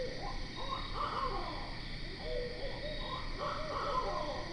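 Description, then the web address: Barred owl calls, hoots and excited wavering notes rising and falling throughout, over a continuous insect hum. Recorded on 12 September 2010. "Barred Owl 2010 09 12"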